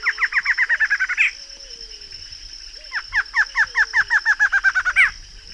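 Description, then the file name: Barred antshrike song: the close of one accelerating nasal series, a short pause, then a full new series speeding up to an accented final note, with steady insect buzzing. Recorded in the Pantanal. "Choca barrada"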